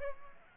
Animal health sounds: mosquito wingbeat signal from an infrared sensor; Aedes aegypti

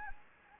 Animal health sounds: mosquito wingbeat signal from an infrared sensor; Anopheles gambiae

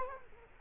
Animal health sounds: mosquito wingbeat signal from an infrared sensor; Culex quinquefasciatus

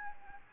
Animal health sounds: mosquito wingbeat signal from an infrared sensor; Anopheles gambiae

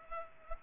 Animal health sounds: mosquito wingbeat signal from an infrared sensor; Culex pipiens

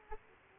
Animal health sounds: mosquito wingbeat signal from an infrared sensor; Aedes aegypti

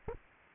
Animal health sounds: mosquito wingbeat signal from an infrared sensor; Aedes aegypti

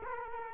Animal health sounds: mosquito wingbeat signal from an infrared sensor; Culex quinquefasciatus

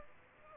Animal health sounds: mosquito wingbeat signal from an infrared sensor; Aedes aegypti

